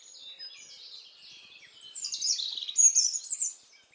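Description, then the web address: European robin: soft, high twittering for about two seconds, then a louder, rapid phrase of bright, jumbled whistled notes that stops abruptly. "SETE data Erithacus rubecula"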